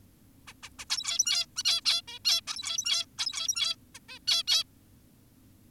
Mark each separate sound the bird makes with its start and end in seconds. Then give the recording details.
0.48-0.54, 0.63-0.70, 0.79-0.85, 0.90-1.46, 1.56-1.63, 1.65-1.81, 1.86-2.02, 2.08-2.19, 2.25-2.41, 2.48-3.06, 3.18-3.76, 3.95-3.99, 4.09-4.19, 4.28-4.43, 4.48-4.64. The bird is an adult. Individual g17y2U